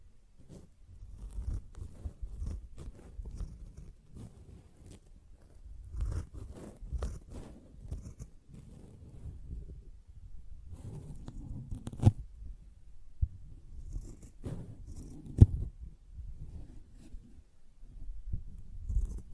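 Sponge scratching and squishing in irregular rough bursts, mostly low and muffled, with occasional sharper crunchy snaps around twelve and fifteen seconds.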